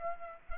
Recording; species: mosquito wingbeat signal from an infrared sensor; Aedes aegypti